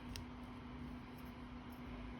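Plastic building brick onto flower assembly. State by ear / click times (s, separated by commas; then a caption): seated / 0.2 s. A plastic building brick for an unopened flower bud is pressed onto its mating stud on a flower assembly. A single sharp, short click at 0.2 s marks it snapping into place over a steady low hum. The brick is seated.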